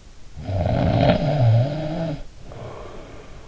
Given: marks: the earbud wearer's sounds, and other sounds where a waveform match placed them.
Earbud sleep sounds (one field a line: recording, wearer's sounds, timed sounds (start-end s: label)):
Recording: sounds in sleep by an in-ear microphone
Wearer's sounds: snoring breath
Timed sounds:
0.23-3.22 s: snoring breath